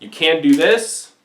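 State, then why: Not seated. Someone talks while handling the swung-out cylinder of a metal ASG Dan Wesson 715 CO2 airsoft revolver, about to flick it back into the frame to lock it, a move that is not recommended because it is bad for the gun. The cylinder has not yet seated or clicked into the frame.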